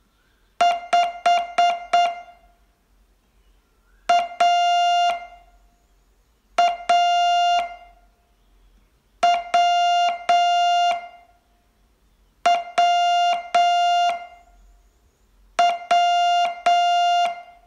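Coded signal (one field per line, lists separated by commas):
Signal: Morse code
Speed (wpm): 8 wpm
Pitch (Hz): 700 Hz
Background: music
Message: 5 A A W W W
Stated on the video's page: Morse training lesson, day 21 of a 42-day course.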